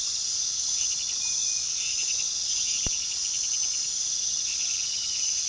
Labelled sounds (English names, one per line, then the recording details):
none
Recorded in pastures near Puerto Asís, Putumayo, Colombia, on 19 February 2024 at 00:00
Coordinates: 0.468, -76.328
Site G6414